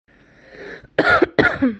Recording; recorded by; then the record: voluntary cough; messaging app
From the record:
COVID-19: negative